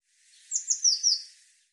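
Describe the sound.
Eurasian blue tit call: a thin, high series of four quick notes stepping down in pitch, lasting about a second.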